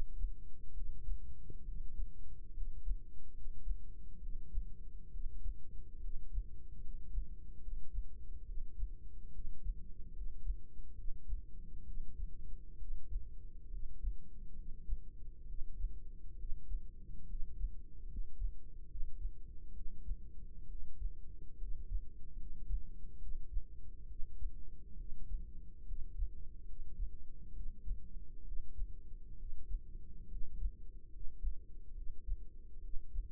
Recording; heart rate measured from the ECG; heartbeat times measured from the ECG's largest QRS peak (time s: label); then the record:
heart sounds by microphone in the right ear; 69 bpm
0.72 s: heartbeat
1.63 s: heartbeat
2.52 s: heartbeat
3.32 s: heartbeat
4.18 s: heartbeat
5.09 s: heartbeat
5.99 s: heartbeat
6.79 s: heartbeat
7.59 s: heartbeat
8.43 s: heartbeat
9.30 s: heartbeat
10.11 s: heartbeat
10.93 s: heartbeat
11.83 s: heartbeat
12.76 s: heartbeat
13.68 s: heartbeat
14.53 s: heartbeat
15.45 s: heartbeat
16.35 s: heartbeat
17.25 s: heartbeat
18.06 s: heartbeat
18.86 s: heartbeat
19.72 s: heartbeat
20.65 s: heartbeat
21.56 s: heartbeat
22.35 s: heartbeat
23.17 s: heartbeat
24.06 s: heartbeat
24.95 s: heartbeat
25.83 s: heartbeat
26.64 s: heartbeat
27.52 s: heartbeat
28.42 s: heartbeat
29.35 s: heartbeat
30.26 s: heartbeat
31.08 s: heartbeat
31.92 s: heartbeat
32.79 s: heartbeat
From the record:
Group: healthy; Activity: rest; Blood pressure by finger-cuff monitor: 135/77 mmHg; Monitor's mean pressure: 91 mmHg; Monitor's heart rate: 68 bpm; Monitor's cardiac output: 5.2 L/min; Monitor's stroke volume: 76 mL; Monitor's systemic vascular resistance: 1260 dyn s/cm5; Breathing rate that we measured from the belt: 15 breaths a minute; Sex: male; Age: 20 years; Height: 167 cm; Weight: 61 kg